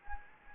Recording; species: mosquito wingbeat signal from an infrared sensor; Anopheles gambiae